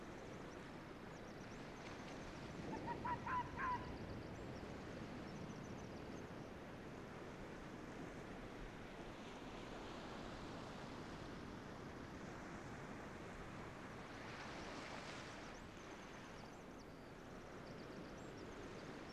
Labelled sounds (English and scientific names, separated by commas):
Arctic Fox (Vulpes lagopus) barking